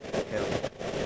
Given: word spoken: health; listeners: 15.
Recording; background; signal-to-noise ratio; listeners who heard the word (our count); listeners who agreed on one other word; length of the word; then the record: one English word in noise, from a listening test; noise modulated by three-talker babble; -5.1 dB; 0 of 15; 7 of 15; 0.66 s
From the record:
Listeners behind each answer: 7, 5, 1, 1, 1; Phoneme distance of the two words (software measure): 10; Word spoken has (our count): 1 syllable, 4 phonemes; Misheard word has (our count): 1 syllable, 4 phonemes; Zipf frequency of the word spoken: 5.14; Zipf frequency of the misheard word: 5.75